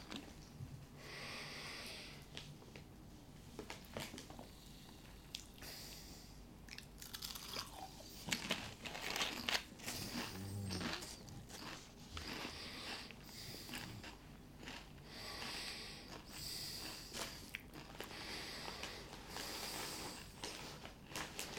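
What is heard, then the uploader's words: Chips being eaten with soda: a run of dry crunches and crackles, some bursts bright and crisp, repeating irregularly every second or so across the whole stretch. A soft low thump sounds near the middle, and quieter rustles and breaths fill the gaps. Chips & Soda.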